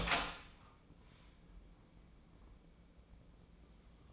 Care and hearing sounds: daily activity, microphone in the room; open door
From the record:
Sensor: 1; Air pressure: 1012.4 hPa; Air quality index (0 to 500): 164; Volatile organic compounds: 3 ppm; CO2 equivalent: 1344 ppm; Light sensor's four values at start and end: 578/1336/596/707 and 572/1321/589/700

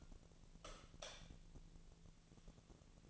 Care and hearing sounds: daily activity, microphone in the room; light off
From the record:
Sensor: 4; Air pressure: 1000.9 hPa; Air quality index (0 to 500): 123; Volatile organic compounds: 1 ppm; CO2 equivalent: 922 ppm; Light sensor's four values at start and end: 30/77/31/33 and 28/66/27/29

